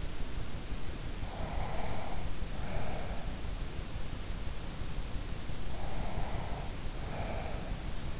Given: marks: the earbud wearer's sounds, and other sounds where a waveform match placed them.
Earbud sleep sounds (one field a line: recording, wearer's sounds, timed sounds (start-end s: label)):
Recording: sounds in sleep by an in-ear microphone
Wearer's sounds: breath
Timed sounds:
1.18-3.87 s: breath
5.51-8.20 s: breath